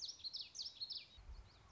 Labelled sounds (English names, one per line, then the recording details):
Common Yellowthroat
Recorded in Sonoma County, California